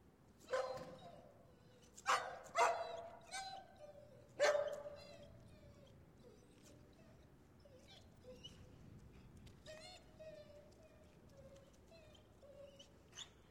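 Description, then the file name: Dog yelping: a few loud, sharp yelps open, then softer whimpering whines and faint yips as it quietens. Shepherd dog yelping. "Sound Ideas 2000 Series. Shepherd Yelp"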